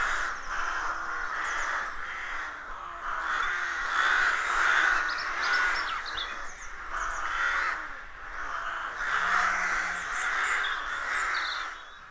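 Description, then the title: Rooks in a loud, unbroken chorus of grating caws that swell and fade in waves. Rook colony of more than 300 birds nesting in a dozen roadside trees, rural County Armagh woodland, early spring; pairs greeting and squabbling with neighbours as first chicks hatch. "Sound Escape 113: Enjoy the stirring cacophony of a rook colony"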